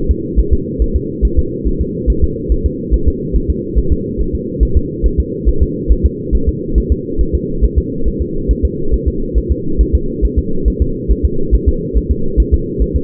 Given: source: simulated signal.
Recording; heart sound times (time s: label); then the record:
fetal heart sounds
0.11 s: S2
0.40 s: S1
0.53 s: S2
0.82 s: S1
0.96 s: S2
1.25 s: S1
1.39 s: S2
1.67 s: S1
1.81 s: S2
2.10 s: S1
2.24 s: S2
2.52 s: S1
2.66 s: S2
2.94 s: S1
3.08 s: S2
3.36 s: S1
3.50 s: S2
3.78 s: S1
3.92 s: S2
4.21 s: S1
4.35 s: S2
4.63 s: S1
4.77 s: S2
5.06 s: S1
5.20 s: S2
5.49 s: S1
5.62 s: S2
5.92 s: S1
6.06 s: S2
6.35 s: S1
6.49 s: S2
6.78 s: S1
6.92 s: S2
7.21 s: S1
7.35 s: S2
7.64 s: S1
7.78 s: S2
8.08 s: S1
8.22 s: S2
8.51 s: S1
8.65 s: S2
8.94 s: S1
9.08 s: S2
9.38 s: S1
9.52 s: S2
9.81 s: S1
9.95 s: S2
10.25 s: S1
10.39 s: S2
10.68 s: S1
10.82 s: S2
11.11 s: S1
11.25 s: S2
11.55 s: S1
11.69 s: S2
11.97 s: S1
12.11 s: S2
12.40 s: S1
12.54 s: S2
12.82 s: S1
12.96 s: S2
From the record:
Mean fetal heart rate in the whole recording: 140 bpm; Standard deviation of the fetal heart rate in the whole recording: 2 bpm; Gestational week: 34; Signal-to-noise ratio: -8.1 dB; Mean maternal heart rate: 72 bpm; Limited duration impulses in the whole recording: absent